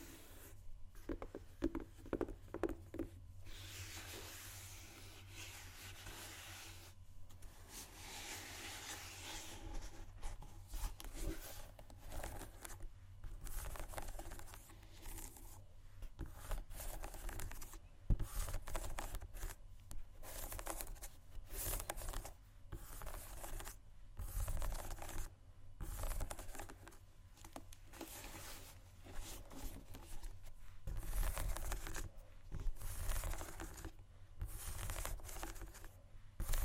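Shoes scratch and scrape against a surface in short, uneven strokes, with frequent brief pauses and sharper taps scattered throughout. The rasping texture is dense and bright, carried over a steady low hum that runs for the whole length.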